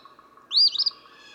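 Eastern phoebe delivering a single scratchy two-part phrase, rising buzz then choppy trill, over a faint steady hum.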